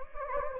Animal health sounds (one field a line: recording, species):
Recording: mosquito wingbeat signal from an infrared sensor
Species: Anopheles gambiae